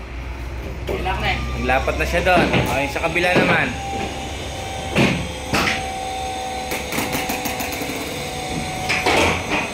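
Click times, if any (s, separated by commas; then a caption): 5.5 s. During an oil seal repair on the hydraulic cylinder of a wing van, an unnamed retaining part, likely a retaining ring or the seal holder, is fitted into the cylinder. Someone talks, and one sharp hit at 5.6 s locks the part into place, so it is seated.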